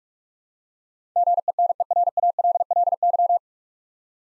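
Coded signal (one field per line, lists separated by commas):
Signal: Morse code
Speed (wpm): 46 wpm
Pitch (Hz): 700 Hz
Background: none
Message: GENERALLY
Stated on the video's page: Morse head-copy practice at 45 wpm sending nine-letter words, each word sent, spoken, then sent again.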